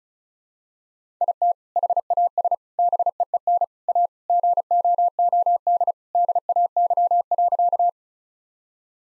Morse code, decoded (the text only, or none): IT HAS BEEN A GOOD DAY.